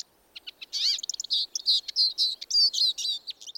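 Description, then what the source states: Eurasian siskin song: a few sparse ticks, then a dense, tumbling warble of high twittering notes and slurred chirps. Song extract containing mimicry of a redpoll call; Border Forest.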